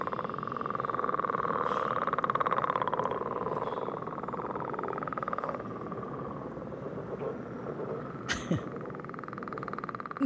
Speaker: Well, let's listen to a little more of the denizens of the vernal pools, the northern leopard frog.